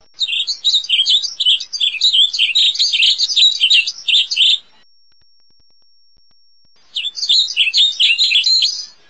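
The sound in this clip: Warbling vireo chatter: a fast, harsh, buzzy series of scratchy notes lasting over four seconds, a pause, then a shorter burst of the same rasping chatter.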